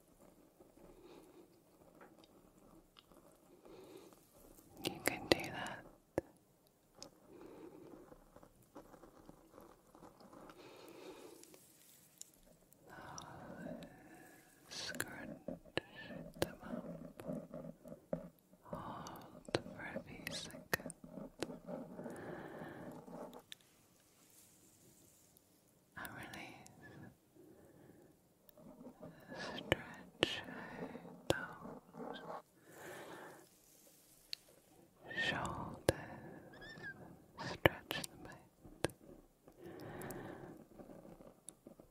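Close mic scratching comes in irregular bursts of dense, crackly friction, heavy from about 5 to 23 seconds and again from 28 to 40 seconds, with a quiet pause near 25 seconds. Sharp clicks and taps cut through the rustling, which sounds near.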